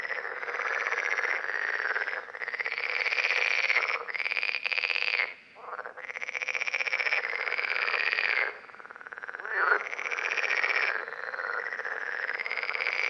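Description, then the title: Parsley frogs calling in a loud, nearly unbroken chorus of buzzy, pulsing croaks, with brief dips where the calling thins. Several frogs recorded at Lerouville, Lorraine, France, on 5 June 2022. "Parsley-Frogs-Lerouville-Lorraine-France-05 06 2022"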